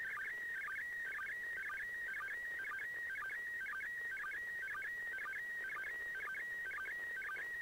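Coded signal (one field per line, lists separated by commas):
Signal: SSTV (slow-scan television)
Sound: steady warbling tone with rapid pitch jumps and regular low blips twice a second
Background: radio static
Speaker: I'm gonna play a play basically a sound from that I captured from the ISS pass over doing that slow scan TV and I've got the mm SS TV software runnin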